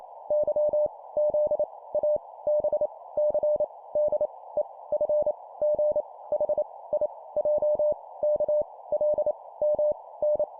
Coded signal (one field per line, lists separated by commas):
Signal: Morse code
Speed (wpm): 28 wpm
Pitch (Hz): 600 Hz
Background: none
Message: Y Z A B C D E F G H I J K L M N